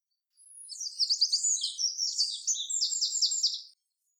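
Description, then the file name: Eurasian wren song: a thin, high opening note, then a fast stream of sharp twittering notes and rattling trills lasting about three seconds. "Troglodytes troglodytes"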